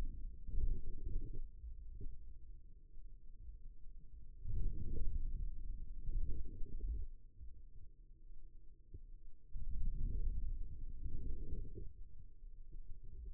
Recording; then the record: forearm muscle sounds (acoustic myography)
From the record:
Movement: outward rotation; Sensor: system 2, bracelet of six BSWA MPA416 microphones around the upper forearm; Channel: 3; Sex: male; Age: 22 years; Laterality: right